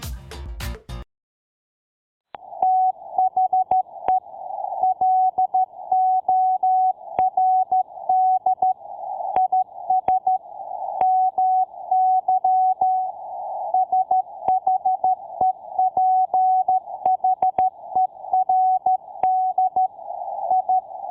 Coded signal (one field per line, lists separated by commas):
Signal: Morse code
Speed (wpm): 13 wpm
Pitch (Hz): 750 Hz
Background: music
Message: THE LORD IS MY SHEPHERD I